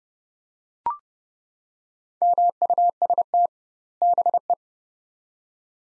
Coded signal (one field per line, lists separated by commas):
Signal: Morse code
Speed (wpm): 29 wpm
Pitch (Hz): 700 Hz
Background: none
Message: MUST BE